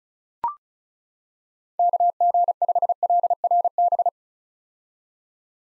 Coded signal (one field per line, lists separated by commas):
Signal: Morse code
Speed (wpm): 34 wpm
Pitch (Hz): 700 Hz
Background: none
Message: KG5LRB